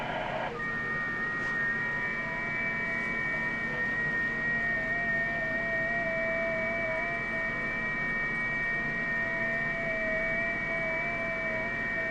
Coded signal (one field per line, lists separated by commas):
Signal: FT8